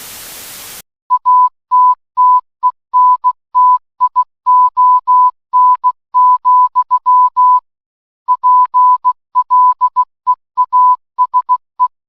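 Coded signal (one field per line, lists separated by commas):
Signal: Morse code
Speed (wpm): 16 wpm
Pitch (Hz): 1000 Hz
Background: music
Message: ATTENTION, PLEASE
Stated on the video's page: Made-up EAS scenario for Malaysia about public holiday preparation, not a real alert.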